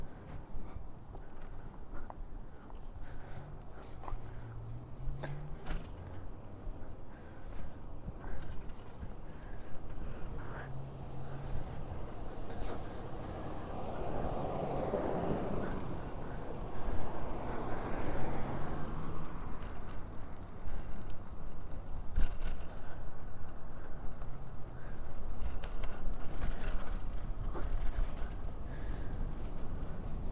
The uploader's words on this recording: A stereo recording of a bike ride from Orchard Beach to our house in Mount Vernon.